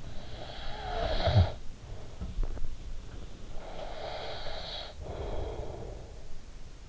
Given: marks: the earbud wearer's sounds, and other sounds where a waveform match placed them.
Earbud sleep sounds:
sounds in sleep by an in-ear microphone; snoring breath, breath
0.00-2.71 s: snoring breath
3.22-6.60 s: breath

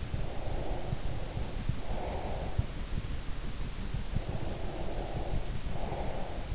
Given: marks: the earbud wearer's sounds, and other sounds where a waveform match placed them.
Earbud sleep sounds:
sounds in sleep by an in-ear microphone; breath
0.11-2.81 s: breath
4.18-6.55 s: breath

